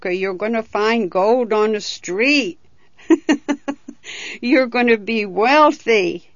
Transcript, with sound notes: You're going to find gold on the streets." ( she laughs ) "You're going to be wealthy."